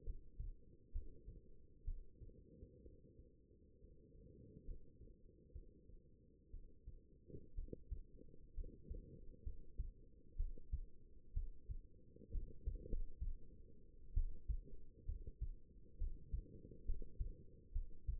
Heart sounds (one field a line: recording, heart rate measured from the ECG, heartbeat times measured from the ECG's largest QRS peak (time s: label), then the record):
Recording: heart sounds by stethoscope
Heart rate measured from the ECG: 64 bpm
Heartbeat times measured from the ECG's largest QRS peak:
0.03 s: heartbeat
0.91 s: heartbeat
1.84 s: heartbeat
2.82 s: heartbeat
3.78 s: heartbeat
4.64 s: heartbeat
5.52 s: heartbeat
6.50 s: heartbeat
7.54 s: heartbeat
8.54 s: heartbeat
9.43 s: heartbeat
10.36 s: heartbeat
11.33 s: heartbeat
12.31 s: heartbeat
12.88 s: heartbeat
14.14 s: heartbeat
15.05 s: heartbeat
15.97 s: heartbeat
16.85 s: heartbeat
17.72 s: heartbeat
From the record:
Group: healthy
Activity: rest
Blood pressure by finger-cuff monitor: 101/64 mmHg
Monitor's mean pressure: 76 mmHg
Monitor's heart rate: 62 bpm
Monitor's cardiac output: 5.2 L/min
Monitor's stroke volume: 82 mL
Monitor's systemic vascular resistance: 1050 dyn s/cm5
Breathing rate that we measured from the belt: 14 breaths a minute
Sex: female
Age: 22 years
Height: 171 cm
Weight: 65.6 kg